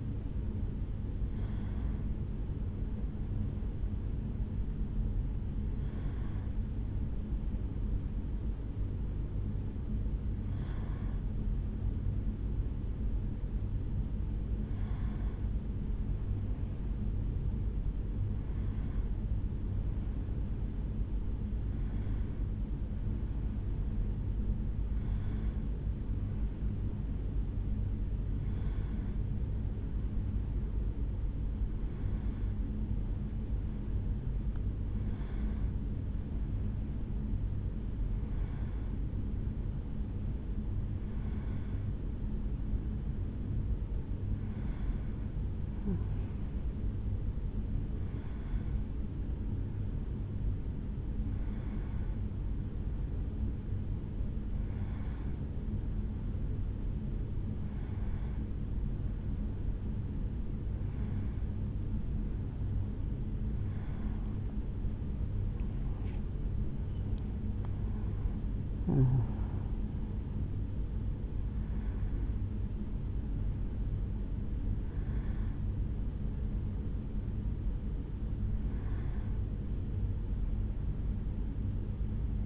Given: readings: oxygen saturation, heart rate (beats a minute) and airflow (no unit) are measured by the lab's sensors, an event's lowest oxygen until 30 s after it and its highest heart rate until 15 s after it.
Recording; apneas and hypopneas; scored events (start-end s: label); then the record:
a person awake in a sleep study, by a smartphone at the bedside; none
0.00-82.45 s: awake
From the record:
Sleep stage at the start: awake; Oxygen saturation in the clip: 93 to 94%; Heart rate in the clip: 69 to 77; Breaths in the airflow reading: 24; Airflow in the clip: -4.3 to 4.4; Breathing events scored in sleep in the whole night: 449 in 7.0 hours asleep